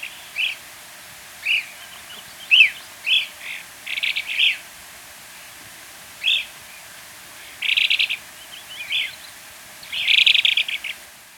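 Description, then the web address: White-crested Elaenia giving scattered short high chirps and a few rapid buzzy bursts, irregularly spaced over a quiet background. Recorded in Ecuador. "Birds of Ecuador 2. White-Crested Elaenia"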